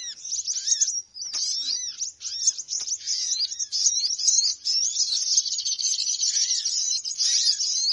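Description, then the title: Shrill bird twittering fills the whole stretch, rapid overlapping chirps with rising and falling whistled slurs scattered through it. Noisy bird lure sounds for attracting birds, said to draw many birds in soon after they start. "Baru Diputar Dah Banyak Merapat! Suara Pikat Burung Ribut"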